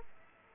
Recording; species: mosquito wingbeat signal from an infrared sensor; Aedes aegypti